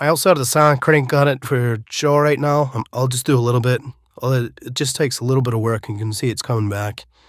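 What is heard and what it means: Someone talks while turning the side cocking crank on a CenterPoint Wrath 430 crossbow, drawing the string back a little. The crank lock locks in place and has to be unlocked to put tension on it, but nothing has seated or clicked yet.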